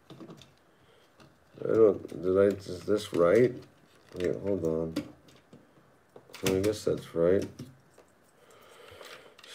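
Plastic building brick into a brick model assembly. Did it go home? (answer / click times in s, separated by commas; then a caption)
yes / 9.4 s. Someone talks while a plastic building-brick piece is pressed into a Moloch's landspeeder 75210 brick model, with faint light taps early on. At 9.4 s the piece snaps home with a quick double click, seating it in place and tying many pieces together.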